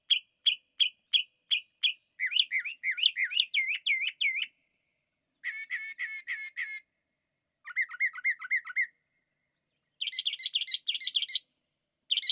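Northern mockingbird singing distinct phrases in turn: a series of short repeated notes, wavering whistles, a burry repeated trill, lower looping notes, then high rapid chatter.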